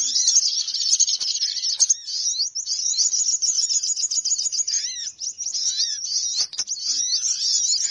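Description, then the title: Birds chattering nonstop in high, rapid trilling chirps, mixed with lower looping whistled notes. Bird lure recording of noisy bird chatter, played to attract birds, which gather soon after it starts playing. "Baru Diputar Dah Banyak Merapat! Suara Pikat Burung Ribut"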